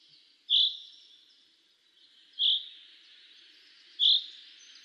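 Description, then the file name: Common chaffinch giving short, sharp bright call notes, three in all, spaced roughly every one and a half to two seconds over a faint high hiss. "Fringilla coelebs"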